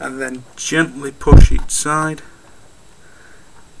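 A RAM module is lined up over a desktop motherboard slot while someone talks, with a brief burst of handling noise around 1.4 seconds and quiet afterward. The module has not yet seated or clicked into place; the retaining clips have not snapped shut.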